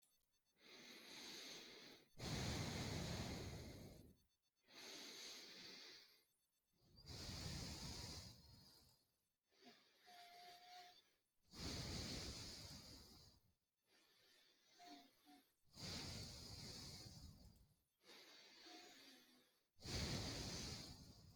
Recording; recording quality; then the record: deep breathing; moderate, slight background noise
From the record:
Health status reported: healthy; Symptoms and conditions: asthma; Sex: male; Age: 41 years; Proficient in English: yes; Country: India